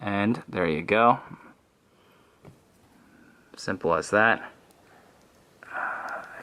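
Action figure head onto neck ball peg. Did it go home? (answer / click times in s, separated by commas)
partly / 5.6 s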